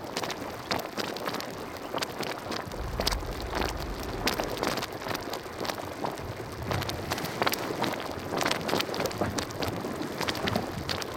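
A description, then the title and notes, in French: A geyser in Iceland: a dense, continuous rushing and hissing of water that fills the whole clip without pause. Sharp splashes and bursts break through every second or so, over a low rumbling underneath and some wind buffeting. Le son d'un geyser en Islande. Le geyser Strokkur jaillit toutes les 5 à 10 minutes. Remugles, hoquets, bouillonnements, gargouillis, déflagration : le son du geyser en stéréo mêle l'eau, la terre, l'air et le feu. Mix : Christophe Rault - Prise de son & montage : Anthony Carcone.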